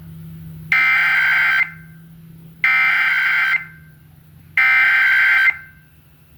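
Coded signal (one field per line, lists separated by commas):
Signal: Emergency Alert System (SAME) tones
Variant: header bursts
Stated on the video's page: Minnesota Required Monthly Test aired on radio stations KQRS and KMWA.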